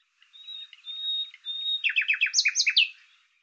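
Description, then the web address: Bird gives thin, level high whistles, then breaks into a quick run of sharp descending chirps that rise slightly at the end. "Deverinetal 2025"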